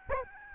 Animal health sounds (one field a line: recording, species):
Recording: mosquito wingbeat signal from an infrared sensor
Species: Aedes albopictus